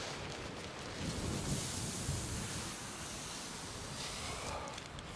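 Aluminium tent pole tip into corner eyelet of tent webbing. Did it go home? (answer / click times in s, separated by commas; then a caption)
no / none. An aluminium tent pole tip is handled at the corner eyelet hole on the end of the webbing of a Night Cat ZP-34 4-season 2-person backpacking tent. Only steady broadband, rustle-like noise is heard, with no sharp transients. Nothing has seated or clicked yet.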